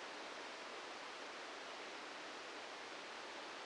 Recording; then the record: brain microelectrode recording played as sound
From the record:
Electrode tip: inside the subthalamic nucleus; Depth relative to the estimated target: 2 mm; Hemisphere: left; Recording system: NeuroSet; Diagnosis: Parkinson's disease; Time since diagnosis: 14 years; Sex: male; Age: 51 years